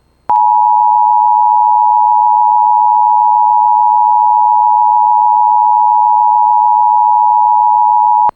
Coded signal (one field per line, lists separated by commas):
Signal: Emergency Alert System (SAME) tones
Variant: 853 and 960 Hz attention tone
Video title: First Ever Flood Warning Capture on TV! (EAS #559)